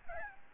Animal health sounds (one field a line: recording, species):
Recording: mosquito wingbeat signal from an infrared sensor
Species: Aedes albopictus